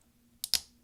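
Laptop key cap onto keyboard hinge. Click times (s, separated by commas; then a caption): 0.4 s, 0.5 s. A plastic replacement F7 key cap for a 13-inch mid-2010 MacBook Pro (2.4 GHz, model 1278, MC374) is placed on its keyboard hinge and pushed down with a finger. Two sharp snaps are heard at 0.4 s and 0.5 s as the key cap clicks into place and is installed.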